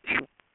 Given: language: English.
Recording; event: throat vibration sensor signal played as sound; swallow